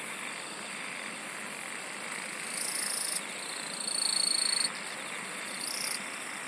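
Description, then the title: Insects singing in overlapping buzzy bursts, several loud high trills starting and stopping above a steady whine, with a lower buzz joining for a few seconds. "SINGING OF INSECTS"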